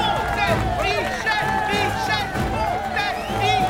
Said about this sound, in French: Une foule en délire, arrivée des quatre coins du pays, siffle et crie le nom de celui qui, au nom de l'humanité, veut prendre la place d'un boulet de canon.